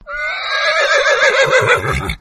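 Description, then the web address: Horse whinnying, a loud tremulous neigh that wavers in pitch. "Partners In Rhyme Horse Whinny"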